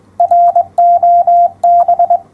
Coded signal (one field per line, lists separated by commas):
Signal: Morse code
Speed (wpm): 22 wpm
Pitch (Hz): 700 Hz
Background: none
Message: ROB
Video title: 974. Morse Code part 2 of 3. 15m53s